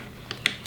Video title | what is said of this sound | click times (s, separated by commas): Daddy Share Space Daily 9 19 24 Festool KHC 18 Unboxing And Overview | switch it to the different functions and you hear that audible click when it falls into place | 0.5 s